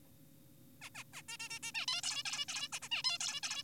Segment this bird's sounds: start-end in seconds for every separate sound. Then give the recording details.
0.82-0.90, 0.95-1.04, 1.13-1.21, 1.29-1.37, 1.40-1.49, 1.50-1.59, 1.63-1.72, 1.75-1.86, 1.88-2.02, 2.04-2.23, 2.26-2.45, 2.48-2.68, 2.73-2.79, 2.82-2.89, 2.92-3.02, 3.04-3.18, 3.20-3.40, 3.43-3.63. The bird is an adult. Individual g4p5U